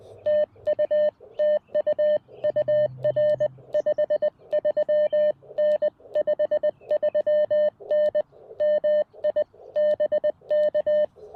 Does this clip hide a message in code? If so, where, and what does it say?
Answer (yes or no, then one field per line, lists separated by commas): yes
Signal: Morse code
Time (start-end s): 0.3-11.0 s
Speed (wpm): 20 wpm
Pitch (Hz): 590 Hz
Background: none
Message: TU TU UR 53N 53N MI BK